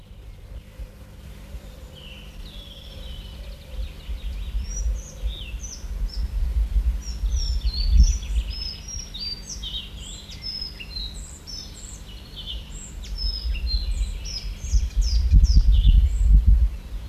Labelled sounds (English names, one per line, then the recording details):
Collared Flycatcher
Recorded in the wild
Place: Schützen am Gebirge, Burgenland, AT
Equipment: Halbspur, 9,5 cm/s
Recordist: Lütgens, Hans
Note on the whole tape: Gesang und Warnen im Tiergarten